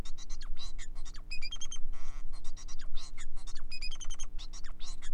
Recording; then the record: song of a male Bengalese finch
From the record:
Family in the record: son of father 4